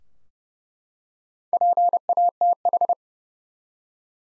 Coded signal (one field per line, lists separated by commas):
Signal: Morse code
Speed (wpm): 31 wpm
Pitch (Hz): 700 Hz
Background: none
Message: PATH